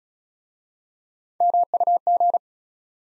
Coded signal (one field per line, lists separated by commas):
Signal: Morse code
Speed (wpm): 34 wpm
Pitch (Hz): 700 Hz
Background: none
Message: MUG